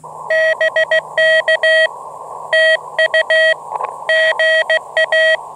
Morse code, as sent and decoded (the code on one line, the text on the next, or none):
-... -.- / - ..- / --. .-
BK TU GA